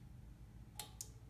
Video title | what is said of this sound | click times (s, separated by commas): Honda Odyssey Overhaul Part 2 Struts and Driveshaft Seal | bracket that comes with the start assembly and it should snap right in place | 0.8 s, 1.0 s